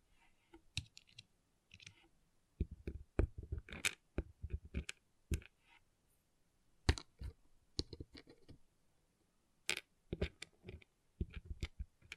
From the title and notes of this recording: ASMR Relaxing Pixel Art Beads ( No Talking).